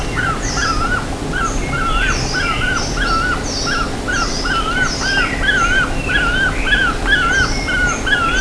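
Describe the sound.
Bird calling, a steady run of rising-and-falling whistled notes, overlapped by sharper high chirps, over a constant low hum.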